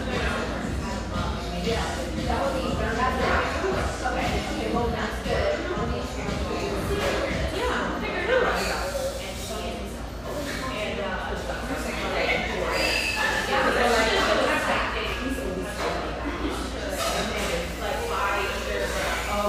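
A busy café filled with many overlapping voices talking at once, forming a dense, steady murmur with no pauses. A low, constant hum runs underneath throughout, and scattered clinks and brief bright clatters surface here and there over the chatter.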